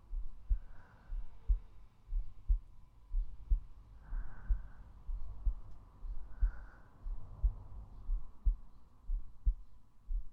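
Soft, low thumps repeat in a steady rhythm at about 59 beats a minute, heard from a microphone held on an adult woman's chest over the heart. This is a regular, normal heartbeat, with faint breathing noise in the background.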